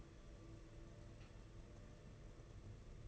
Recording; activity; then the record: daily activity, microphone in the room; take from stove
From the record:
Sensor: 4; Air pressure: 992.9 hPa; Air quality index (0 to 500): 176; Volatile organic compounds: 338 ppm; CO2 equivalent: 4560 ppm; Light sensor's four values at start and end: 4/10/4/4 and 4/10/4/4